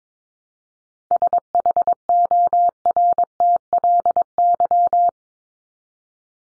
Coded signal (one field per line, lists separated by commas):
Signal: Morse code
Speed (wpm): 22 wpm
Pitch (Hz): 700 Hz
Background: none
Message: SHORTLY